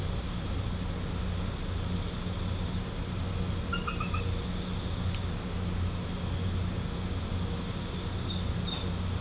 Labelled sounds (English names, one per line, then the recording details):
none
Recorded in pastures near Puerto Asís, Putumayo, Colombia, on 21 December 2024 at 20:00
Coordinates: 0.505, -76.324
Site G063